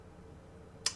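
The feet clip of an FT51 transforming crocodile toy is pressed into the groove in its belly. After a quiet stretch, a single sharp plastic click at 0.9 s shows the clip snapping into place.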